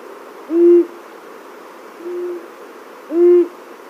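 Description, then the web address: Long-eared owl giving deep, even hoots, two strong notes with a fainter one between, spaced roughly a second and a half apart over faint hiss. Male giving display calls. "Schulze Peter Long-eared Owl"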